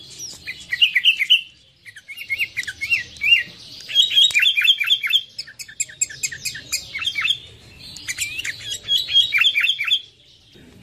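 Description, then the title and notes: Sooty-headed bulbul singing loud chattering phrases of warbled, wavy notes, in bursts of a few seconds separated by short pauses, over faint low background noise. Recording made for training songbirds (masteran). "suara burung kutilang buat masteran"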